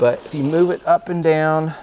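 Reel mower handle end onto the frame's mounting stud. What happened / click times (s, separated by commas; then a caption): The handle end is being worked but has not yet snapped onto its stud / none. The second end of the metal push-mower handle on a Brill Razorcut 38 reel mower is worked up and down over the silver mounting stud on the mower frame while someone talks. Nothing has seated or snapped into place yet.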